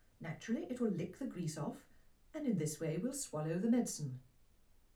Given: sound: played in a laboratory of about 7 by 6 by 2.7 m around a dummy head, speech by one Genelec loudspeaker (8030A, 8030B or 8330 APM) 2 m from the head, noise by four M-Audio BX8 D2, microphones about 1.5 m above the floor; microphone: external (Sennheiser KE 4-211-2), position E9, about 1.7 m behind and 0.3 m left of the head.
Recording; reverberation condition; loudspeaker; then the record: female speech in English; low; 30 degrees to the left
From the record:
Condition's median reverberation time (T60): about 310 ms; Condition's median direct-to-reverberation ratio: about 3.5 dB